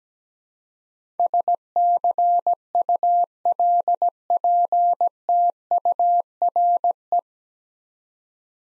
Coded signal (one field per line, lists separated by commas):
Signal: Morse code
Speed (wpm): 17 wpm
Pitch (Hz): 700 Hz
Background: none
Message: SCULPTURE